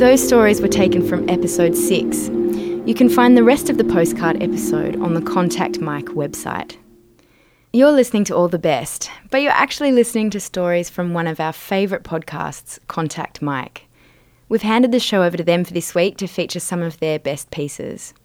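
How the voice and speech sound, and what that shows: An adult woman speaks fluently and clearly in normal conversational speech, with soft music under the opening seconds.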